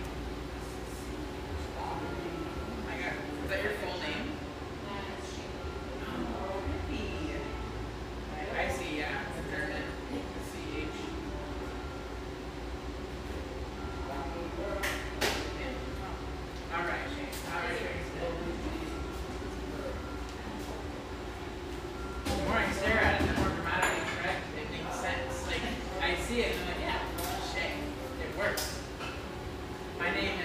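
Murmur of an espresso joint: overlapping voices talk steadily throughout beneath a constant low hum. Sharp clinks and clatters of cups and dishes break through every few seconds, with a louder, busier stretch of chatter and clatter around 22 to 25 seconds.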